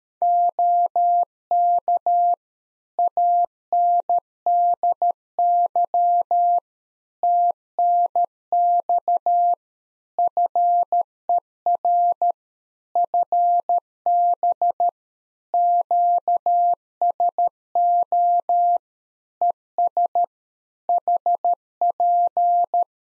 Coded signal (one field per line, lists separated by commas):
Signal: Morse code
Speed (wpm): 13 wpm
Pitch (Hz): 700 Hz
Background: none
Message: OK ANDY TNX FER FB QSO ES HP